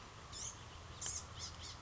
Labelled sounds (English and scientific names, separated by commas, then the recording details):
Blue-gray Gnatcatcher (Polioptila caerulea)
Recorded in Sonoma County, California